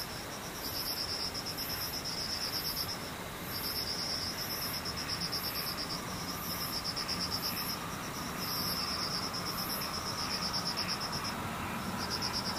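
Insects chirp in repeated bursts, a bright, rapid trill that pulses on and off about every second and a half, with a fainter, higher chirping alongside. Underneath runs a steady low rumble that stays constant throughout the clip.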